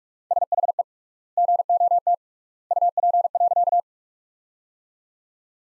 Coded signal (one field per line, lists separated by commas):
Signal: Morse code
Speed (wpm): 46 wpm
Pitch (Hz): 700 Hz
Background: none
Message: SHE GOT UP.